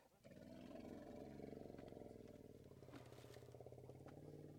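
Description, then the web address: Elephant growling: a long, steady low rumble with a rough, throbbing texture throughout, and scattered clicks and rustles. Elephants growling, in undergrowth. "BBC Elephants"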